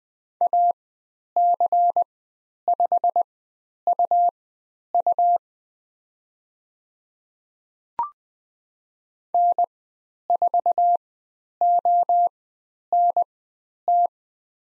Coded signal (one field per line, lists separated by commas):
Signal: Morse code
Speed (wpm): 20 wpm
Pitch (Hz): 700 Hz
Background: none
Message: AC5UU N4ONT